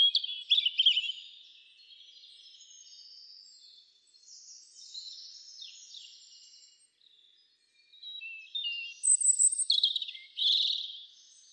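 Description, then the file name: European robin song opening with a quick trilled flourish, followed by faint drawn-out thin whistles, then a final louder cluster of very high sweet notes. "Erithacus rubecula"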